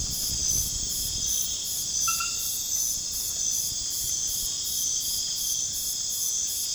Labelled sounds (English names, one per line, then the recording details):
none
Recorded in pastures near Puerto Asís, Putumayo, Colombia, on 30 June 2025 at 02:30
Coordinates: 0.466, -76.322
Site GP07